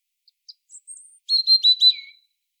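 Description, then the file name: European robin song: faint introductory notes, a thin high whistle, then four rapid, loud twittered notes with a falling tail. "Erithacus rubecula"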